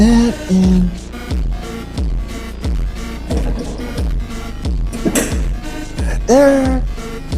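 While brake pads are replaced on a mower deck, a brake pad part is handled and pushed toward its place in the mower deck brake assembly, with music playing and someone talking. Nothing has clicked or seated yet.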